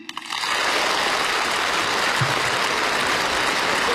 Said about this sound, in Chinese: 习近平起身向代表们鞠躬致意，全体代表起立，用热烈的掌声向习近平表达敬意。